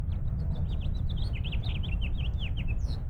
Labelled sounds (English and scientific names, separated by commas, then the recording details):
House Finch (Haemorhous mexicanus) song
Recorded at North Valley Stream on Long Island, New York, on 17 June 1975
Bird E